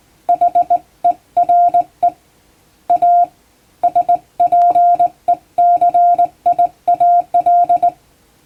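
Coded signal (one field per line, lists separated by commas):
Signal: Morse code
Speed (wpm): 20 wpm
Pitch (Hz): 700 Hz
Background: none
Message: HERE A SPECIAL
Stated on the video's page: Hand-keyed plain-language English Morse sent by a first-class radiotelegraph operator, for amateur radio receiving practice.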